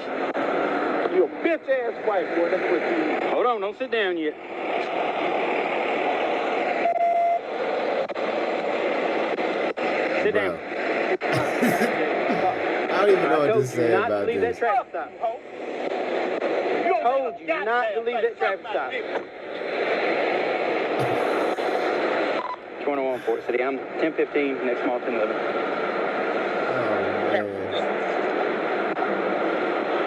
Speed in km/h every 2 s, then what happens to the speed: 0, 0, 0, 0, 0, 0, 0, 0, 0, 0, 0, 0, 0, 0, 0.
0-30 standing.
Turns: none.